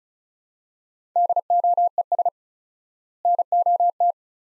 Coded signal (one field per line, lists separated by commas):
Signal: Morse code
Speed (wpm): 36 wpm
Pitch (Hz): 700 Hz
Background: none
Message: DOES NOT